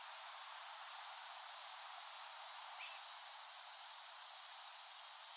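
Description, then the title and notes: Cicadas give a broad, even hiss-like buzz, continuing without a break. Cicadas recorded by Dan Bodah in West Brighton, Staten Island, in late summer 2008. "Dronecast No. 021: The Cicadas of Summer. Recording of cicadas made by Dan Bodah in West Brighton, Staten Island, late summer 2008"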